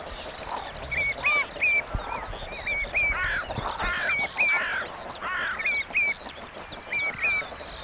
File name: Cornacchia Nera